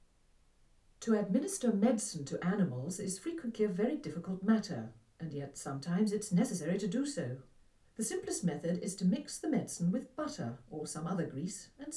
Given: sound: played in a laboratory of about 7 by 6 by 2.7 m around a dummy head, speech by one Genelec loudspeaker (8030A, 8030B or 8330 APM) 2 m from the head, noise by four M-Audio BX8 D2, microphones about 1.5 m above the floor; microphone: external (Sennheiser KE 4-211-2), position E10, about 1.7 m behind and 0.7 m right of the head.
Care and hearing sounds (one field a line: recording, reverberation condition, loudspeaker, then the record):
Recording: female speech in English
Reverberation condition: low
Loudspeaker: 60 degrees to the right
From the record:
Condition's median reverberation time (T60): about 310 ms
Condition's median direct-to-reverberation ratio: about 3.5 dB